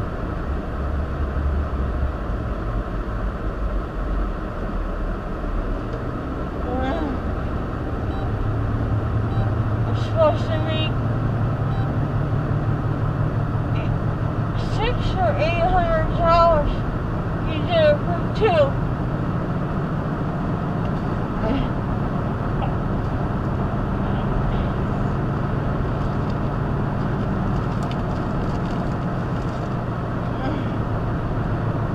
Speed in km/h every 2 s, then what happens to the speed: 23, 16, 15, 29, 40, 48, 52, 53, 56, 61, 64, 66, 68, 68, 61, 60.
0-4 slows to 15. 4-21 speeds up to 66. 21-26 steady at about 68. 26-32 slows to 60.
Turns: none.